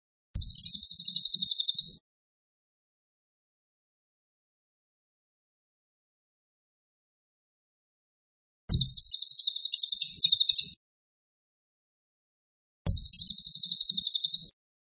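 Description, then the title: Cililin song: three short bursts of fast, shrill pulsed trilling, separated by silences. Lively, actively singing cililin with tight rapid-fire phrases ('tembakan rapet'), presented as a tutor recording for training magpie-robins. "Cililin AMPUH. Cililin gacor tembakan rapet cocok untuk masteran murai"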